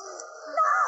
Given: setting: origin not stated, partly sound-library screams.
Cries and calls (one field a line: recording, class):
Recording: one-second piece from a danger detection set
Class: woman in danger